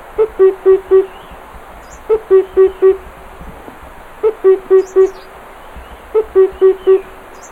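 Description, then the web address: Himalayan cuckoo repeating a soft, low hooting phrase of four notes, the opening note a touch higher, four phrases at steady two-second intervals over quiet background chirps. "sound Himalayan-cuckoo. صدای-پرنده-کوکوی-هیمالیایی"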